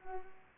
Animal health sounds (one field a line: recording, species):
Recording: mosquito wingbeat signal from an infrared sensor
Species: Culex pipiens